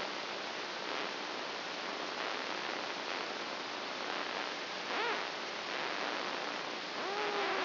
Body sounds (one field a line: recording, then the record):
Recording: brain microelectrode recording played as sound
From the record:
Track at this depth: inside the subthalamic nucleus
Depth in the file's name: 3.004 mm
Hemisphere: right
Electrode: 2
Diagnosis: Parkinson's disease